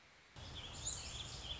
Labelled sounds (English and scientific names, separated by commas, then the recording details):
Warbling Vireo (Vireo gilvus)
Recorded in Sonoma County, California